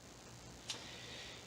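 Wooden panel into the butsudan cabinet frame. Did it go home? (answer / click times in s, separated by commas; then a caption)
yes / 0.7 s. A panel of a handmade wooden wall-hanging butsudan is pushed up and slid into its slot in the cabinet frame. A short, bright tick-like snap sounds at 0.7 s over a steady background hiss. The panel pops into place and is seated.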